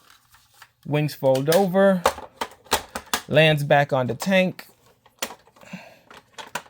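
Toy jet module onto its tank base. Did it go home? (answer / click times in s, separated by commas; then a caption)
yes / 6.6 s. Someone talks while the fighter-jet section of a plastic VR Troopers Battle Cruiser toy, wings folded over, is lowered back onto its tank base and pressed down. Several plastic clicks sound, ending in a sharp click at 6.6 s as the jet locks in place on the tank.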